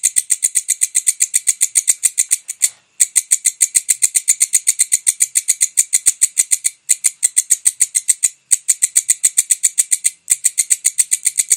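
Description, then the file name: Bush cricket chirping in fast, regular, high-pitched rasping pulses, interrupted by several short gaps before carrying on. "suara walang kecek"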